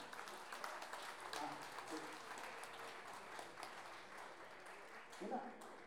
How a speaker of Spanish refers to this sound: Un aplauso grande para nuestras compañeras.